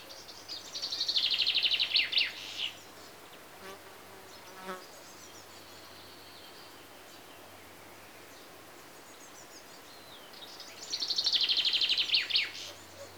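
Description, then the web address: Common chaffinch giving two descending trilled songs about ten seconds apart, with soft clicks and faint bird calls in the quiet gap. Chaffinches recorded in Greece. "BBC Sound Effects Library Greece Birds (Chaffinches) And Insects"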